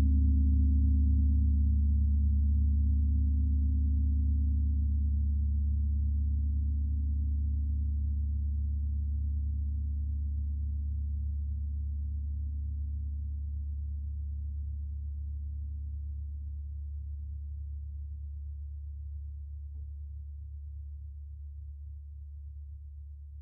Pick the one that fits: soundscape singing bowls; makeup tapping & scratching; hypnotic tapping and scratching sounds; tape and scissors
soundscape singing bowls